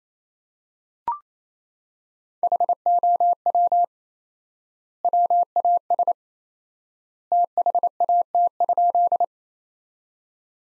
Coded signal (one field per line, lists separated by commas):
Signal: Morse code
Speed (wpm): 28 wpm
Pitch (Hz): 700 Hz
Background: none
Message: HOW WAS THAT?